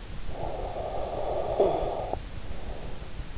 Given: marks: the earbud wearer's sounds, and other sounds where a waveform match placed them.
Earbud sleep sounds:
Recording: sounds in sleep by an in-ear microphone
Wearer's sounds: snoring breath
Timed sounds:
0.15-3.24 s: snoring breath

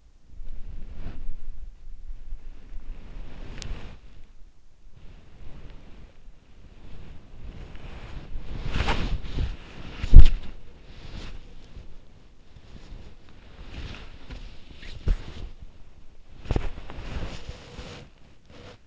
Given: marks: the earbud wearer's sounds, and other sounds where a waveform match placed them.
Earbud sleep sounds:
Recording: sounds in sleep by an in-ear microphone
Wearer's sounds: body movement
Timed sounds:
0.00-18.87 s: body movement

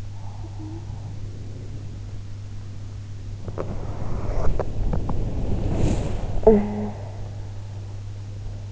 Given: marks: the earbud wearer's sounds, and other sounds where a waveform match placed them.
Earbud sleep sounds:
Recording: sounds in sleep by an in-ear microphone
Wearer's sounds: talking in sleep, breath, body movement, teeth grinding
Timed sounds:
0.22-1.08 s: talking in sleep
1.08-2.21 s: breath
3.40-8.72 s: body movement
3.43-5.18 s: teeth grinding
6.42-6.98 s: talking in sleep

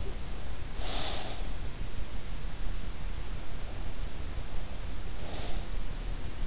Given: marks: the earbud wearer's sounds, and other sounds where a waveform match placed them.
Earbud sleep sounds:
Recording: sounds in sleep by an in-ear microphone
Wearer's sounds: breath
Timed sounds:
0.65-1.57 s: breath
5.22-6.47 s: breath

